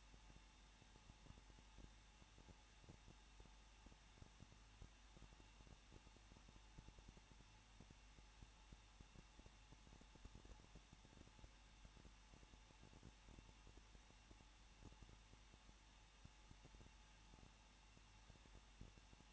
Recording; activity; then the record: daily activity, microphone in the room; no activity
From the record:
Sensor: 1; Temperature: 20.1 degrees Celsius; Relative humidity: 39.1%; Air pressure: 1006.3 hPa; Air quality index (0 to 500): 217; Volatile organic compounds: 76 ppm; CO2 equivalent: 3573 ppm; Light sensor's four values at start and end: 1/2/1/1 and 1/2/1/1